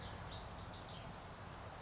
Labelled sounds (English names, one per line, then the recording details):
House Wren
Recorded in Sonoma County, California